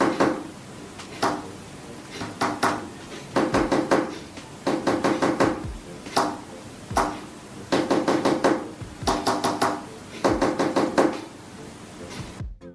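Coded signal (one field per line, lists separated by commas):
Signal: tap code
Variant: finger tapping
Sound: soft finger taps on a surface in small groups with pauses between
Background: small room ambience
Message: LIVEU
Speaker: She taps out a code with her fingers using tap code, also called Smitty code. It's a code that uses a Palibius square, also shown here. The taps are as follows.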